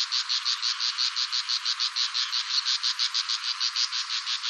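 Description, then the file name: Bull-headed shrike delivering an unbroken run of rapid, grating high notes, evenly paced throughout. "mozu"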